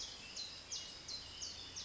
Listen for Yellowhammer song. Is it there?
no